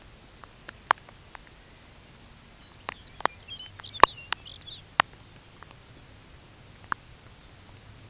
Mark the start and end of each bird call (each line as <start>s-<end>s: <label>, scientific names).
1.35s-2.00s: Calidris alpina
2.50s-4.91s: Calcarius lapponicus
2.88s-3.58s: Calidris alpina